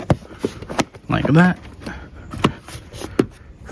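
A plastic interior trim panel in a Tesla Model 3/Y is pushed back onto its mounting clips after the wire for a TESSTUDIO Docking Station 3.0 is routed. A sharp plastic snap at 0.1 s marks the panel seating, and further short clicks follow around 0.8, 2.5 and 3.2 s. Someone talks briefly in between.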